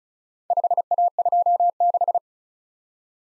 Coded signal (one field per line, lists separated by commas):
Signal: Morse code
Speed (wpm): 36 wpm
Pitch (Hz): 700 Hz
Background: none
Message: 5A26